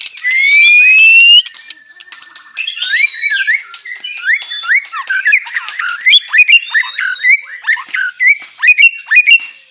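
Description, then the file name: White-rumped shama song opening with a loud sustained phrase, then a rapid string of looping, rising and falling whistled notes. Aceh variety, described as clear, vigorous and rapid, dense singing. "Suara Jernih murai aceh gacor speed rapat"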